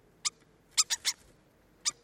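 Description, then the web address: Bird calls: five short, sharp chip notes, a single one first, then a quick cluster of three, and a last lone note, over a quiet background. "Deverinetal 2025. Bird Only"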